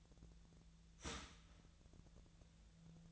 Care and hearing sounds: daily activity, microphone in the room; start toaster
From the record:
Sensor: 3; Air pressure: 1009.3 hPa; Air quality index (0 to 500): 198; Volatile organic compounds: 17 ppm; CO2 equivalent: 2566 ppm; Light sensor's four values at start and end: 32/82/34/37 and 33/82/35/37

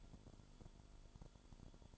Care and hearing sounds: daily activity, microphone in the room; light off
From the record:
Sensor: 5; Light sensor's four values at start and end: 32/75/30/30 and 32/74/30/30

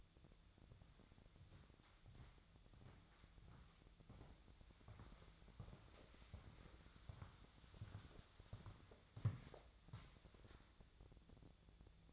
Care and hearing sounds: daily activity, microphone in the room; walk to room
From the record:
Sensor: 3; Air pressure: 999.9 hPa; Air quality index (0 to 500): 121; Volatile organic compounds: 2 ppm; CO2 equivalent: 1086 ppm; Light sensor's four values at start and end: 35/85/37/41 and 35/86/37/41

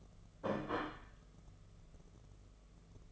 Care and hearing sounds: daily activity, microphone in the room; place plate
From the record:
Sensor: 4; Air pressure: 1015.9 hPa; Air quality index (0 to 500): 208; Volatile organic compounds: 13 ppm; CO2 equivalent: 2402 ppm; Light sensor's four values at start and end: 17/39/16/17 and 17/39/16/17

